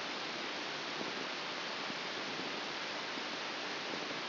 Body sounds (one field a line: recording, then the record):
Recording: brain microelectrode recording played as sound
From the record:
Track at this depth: inside the subthalamic nucleus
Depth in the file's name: 4.398 mm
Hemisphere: left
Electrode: 3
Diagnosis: Parkinson's disease